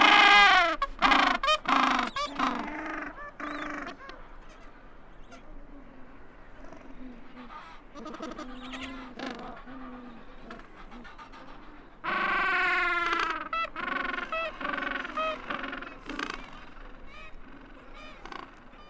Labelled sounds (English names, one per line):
Gentoo Penguin call